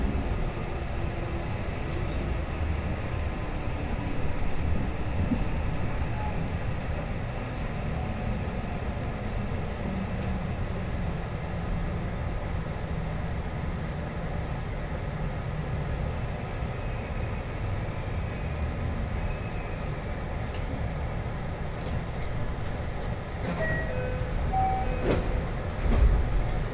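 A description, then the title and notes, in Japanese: A train ride on the Osaka Loop Line: a steady, dense low rumble of the moving carriage, with brief squeals and clicks near the end. 耳で楽しむ鉄道旅 ＪＲ難波→新今宮→京橋→鴫野。大阪環状線の内回り電車に乗り換えて京橋に向かいます。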